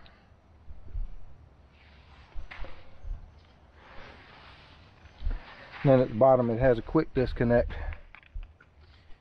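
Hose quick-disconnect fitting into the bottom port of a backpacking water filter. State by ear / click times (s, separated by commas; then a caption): seated / 8.1 s. Someone talks while the plastic quick-disconnect fitting of a hose is pushed onto the bottom port of a Katadyn Hiker Pro backpacking water filter. It snaps into place with a sharp click at 8.2 s, followed by a few faint ticks, and the hose is seated.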